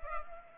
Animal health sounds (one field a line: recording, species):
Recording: mosquito wingbeat signal from an infrared sensor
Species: Culex pipiens